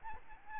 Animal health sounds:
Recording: mosquito wingbeat signal from an infrared sensor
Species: Aedes albopictus

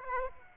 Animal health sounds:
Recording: mosquito wingbeat signal from an infrared sensor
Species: Aedes aegypti

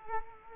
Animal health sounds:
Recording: mosquito wingbeat signal from an infrared sensor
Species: Culex quinquefasciatus

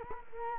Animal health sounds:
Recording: mosquito wingbeat signal from an infrared sensor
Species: Culex quinquefasciatus

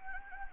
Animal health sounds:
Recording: mosquito wingbeat signal from an infrared sensor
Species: Anopheles gambiae

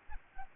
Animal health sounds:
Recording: mosquito wingbeat signal from an infrared sensor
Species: Aedes albopictus

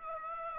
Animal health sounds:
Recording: mosquito wingbeat signal from an infrared sensor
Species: Aedes aegypti

